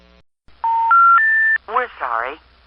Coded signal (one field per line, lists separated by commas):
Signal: telephone call progress tone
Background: speech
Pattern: special information tone